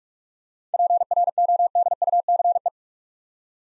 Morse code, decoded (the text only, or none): PRODUCE